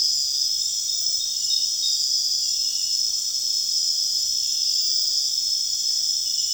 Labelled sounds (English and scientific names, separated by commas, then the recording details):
none
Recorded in secondary vegetation near Puerto Asís, Putumayo, Colombia, on 29 June 2025 at 22:00
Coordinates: 0.485, -76.322
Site GP06